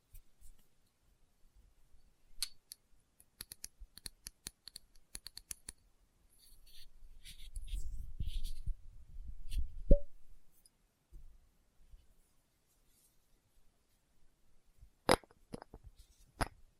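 Experimental triggers with test tubes: sharp glassy taps and clicks come in scattered bursts through the first six seconds. A low, soft rumbling swells from about seven to ten seconds, ending in a brief ringing ping. After a quiet gap, two loud crisp clicks land near the end.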